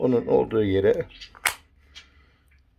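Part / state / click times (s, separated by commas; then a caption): drill bit adapter shank into rotary hammer chuck / seated / 1.5 s. Someone talks as the chuck sleeve of a rotary hammer is pulled back and a metal drill-bit adapter shank is pushed into the chuck. A sharp click at 1.5 s marks the shank seating and locking in place, so it now won't come out.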